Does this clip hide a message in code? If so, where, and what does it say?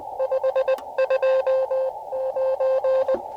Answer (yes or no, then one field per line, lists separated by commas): yes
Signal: Morse code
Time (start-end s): 0.2-3.2 s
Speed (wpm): 20 wpm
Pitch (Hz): 530 Hz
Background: none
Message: 529